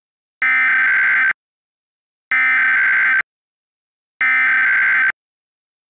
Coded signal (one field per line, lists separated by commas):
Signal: Emergency Alert System (SAME) tones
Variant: header bursts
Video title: EAS Mock: Face The Music